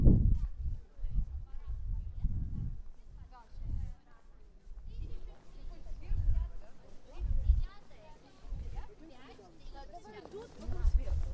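Walking through Prague, low thudding footsteps pulse every second or so beneath scattered voices and a busier crowd murmur from about five seconds on.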